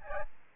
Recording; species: mosquito wingbeat signal from an infrared sensor; Aedes albopictus